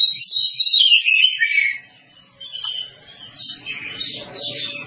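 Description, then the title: Oriental magpie-robin delivering a loud, falling series of sweet whistles, a brief pause, then softer varied phrases. Song described as long-duration (durasi panjang). "Kacer"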